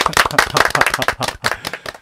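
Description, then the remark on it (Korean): A small group claps their hands together in a quick, uneven burst of sharp slaps that overlap into a dense patter, fairly loud and steady for a couple of seconds with no voices. “역사적인 순간에 박수 한번 치자.”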